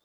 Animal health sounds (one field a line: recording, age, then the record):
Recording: pig call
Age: piglet (1 to 25 days)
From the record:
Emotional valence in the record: positive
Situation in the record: short reunion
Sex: female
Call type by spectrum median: high-frequency call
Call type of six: low-frequency tonal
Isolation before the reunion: 3 minutes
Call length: 0.04 s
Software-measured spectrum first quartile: 1946 Hz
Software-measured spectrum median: 3787 Hz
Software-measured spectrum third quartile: 11821 Hz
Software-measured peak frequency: 3583 Hz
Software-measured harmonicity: 1.9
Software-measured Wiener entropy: -1.89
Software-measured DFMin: 1043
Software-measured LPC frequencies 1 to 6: 600, 1296, 3587, 5175, 6183, 7252 Hz